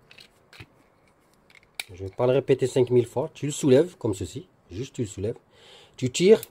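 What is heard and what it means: A plastic retaining clip on the hose coupling of a Peugeot Citroën 207/208 clutch slave cylinder is lifted open for bleeding. A few faint clicks come first, then a sharp snap at 1.8 s as the clip comes up, followed by someone talking. The clip is released.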